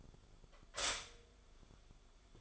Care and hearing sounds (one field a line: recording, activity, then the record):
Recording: daily activity, microphone in the room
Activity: stop toaster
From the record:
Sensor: 5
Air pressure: 1014.8 hPa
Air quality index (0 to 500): 205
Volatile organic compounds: 9 ppm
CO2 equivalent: 2183 ppm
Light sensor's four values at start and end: 14/34/13/12 and 14/34/13/12